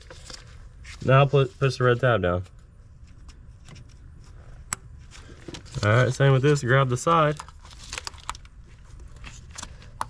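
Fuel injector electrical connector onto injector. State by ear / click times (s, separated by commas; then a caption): seated / 10.0 s. A plastic fuel injector electrical connector on a 2012 Chrysler 300 with the 3.6L V6 Pentastar engine is gripped by its sides and pushed down onto the injector while someone talks. Small handling noises and clicks follow. A very quiet click at 10.0 s seats the connector.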